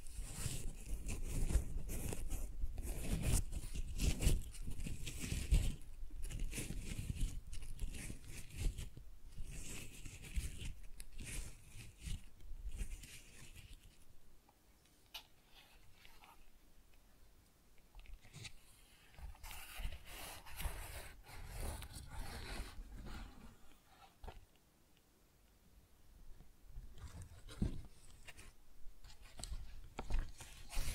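Flowers are rustled, crinkled and torn in dense crackly bursts, busiest early on, with quieter pauses around the middle before the handling resumes.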